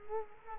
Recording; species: mosquito wingbeat signal from an infrared sensor; Culex quinquefasciatus